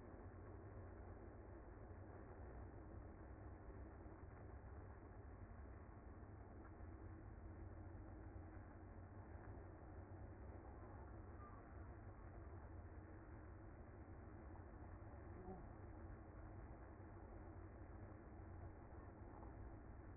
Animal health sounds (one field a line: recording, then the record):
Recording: honeybee colony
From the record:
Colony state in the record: active